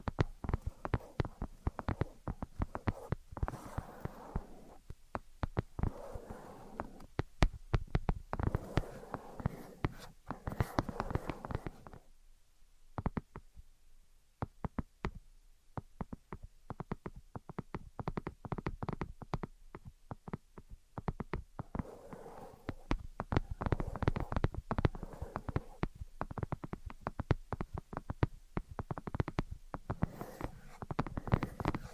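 Invisible tapping and scratching: rapid, irregular clicks and taps run almost the whole way through, with denser scratchy stretches around 0–3, 8–12 and 22–25 seconds. A quieter, sparser spell near 12–16 seconds has only scattered taps before the steady flurry resumes.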